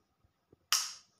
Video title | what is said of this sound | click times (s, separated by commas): Russell Hobbs Vacuum Cleaner | okay so we hear this click sound again that means it is fitted properly now okay | 0.7 s